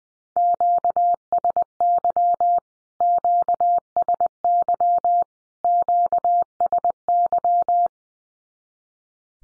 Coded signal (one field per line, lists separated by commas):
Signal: Morse code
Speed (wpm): 20 wpm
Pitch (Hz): 700 Hz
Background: none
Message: QSY QSY QSY